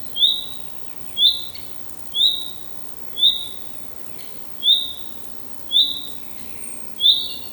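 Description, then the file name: Common chaffinch calling steadily, a clear high clipped note repeated about once per second, seven times, with a few faint lower chirps near the end. "Fringilla coelebs"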